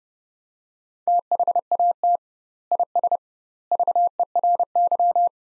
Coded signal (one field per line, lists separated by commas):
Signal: Morse code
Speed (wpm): 30 wpm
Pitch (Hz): 700 Hz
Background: none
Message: THAT IS VERY